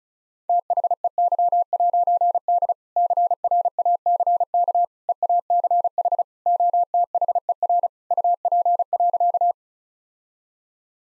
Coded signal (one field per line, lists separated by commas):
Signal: Morse code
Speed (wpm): 36 wpm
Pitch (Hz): 700 Hz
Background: none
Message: THEY'D CRACK EACH OTHER UP.